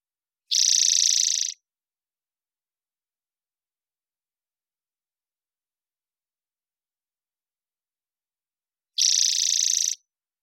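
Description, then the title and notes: Spotted towhee singing two fast, buzzy trills of about a second each, several seconds apart, each evenly pulsed at a steady pitch, with silence between. Pacific Northwest, Washington, United States; parabolic microphone, clean-processed for clarity with natural pace and rhythm kept. "Spotted Towhee Song. Recorded in the beautiful Pacific Northwest, Washington, United States"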